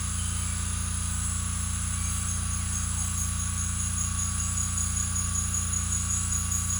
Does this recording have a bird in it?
no